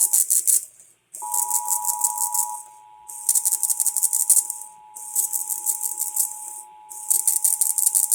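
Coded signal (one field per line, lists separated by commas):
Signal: Emergency Alert System (SAME) tones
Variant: 853 and 960 Hz attention tone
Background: music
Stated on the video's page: Broadcast radio/TV EAS Required Monthly Tests from local stations.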